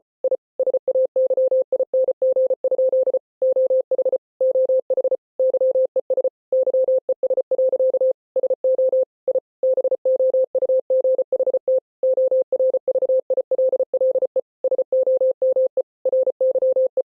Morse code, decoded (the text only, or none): I SAYING? OH OH YES YES. SO I BOUGHT ORVILLE SOME RYE